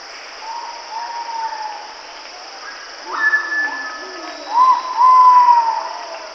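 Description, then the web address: Ivory-breasted pitta giving a few low, drawn-out whistles, some rising and some swelling, the last ones louder, over a steady high hum. "ULM-DS-Lab indonesian-bird-sounds. Pitta maxima"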